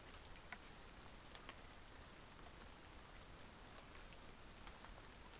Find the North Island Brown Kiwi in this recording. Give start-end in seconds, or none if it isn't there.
none